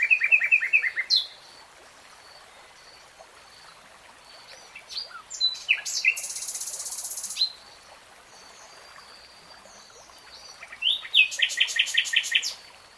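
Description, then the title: Nightingale singing: a quick repeated-note phrase opens, then scattered whistles, a harsh buzzing passage, and a final burst of rapid, ringing repeated notes. "[Tiếng chim hót] Nightingale Singing"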